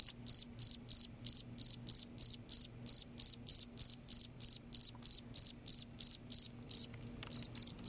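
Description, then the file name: Cricket giving regular high chirps about three per second, briefly pausing near the end before resuming, over a faint low hum. "cricket insect sound silence"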